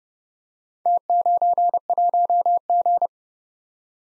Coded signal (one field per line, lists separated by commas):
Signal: Morse code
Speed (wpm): 31 wpm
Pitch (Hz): 700 Hz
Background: none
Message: T91G